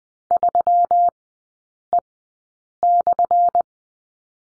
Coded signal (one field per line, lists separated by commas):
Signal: Morse code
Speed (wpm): 20 wpm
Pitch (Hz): 700 Hz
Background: none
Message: 3E/